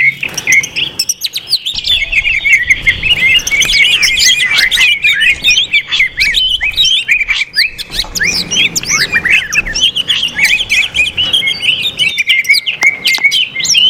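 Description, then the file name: Greater green leafbird song: busy chorus of varied whistles and chattering trills, many phrases overlapping throughout. Greater green leafbirds (cucak hijau) in a simulated singing contest. "simulasi-lomba-cucak-hijau 2-omkicau"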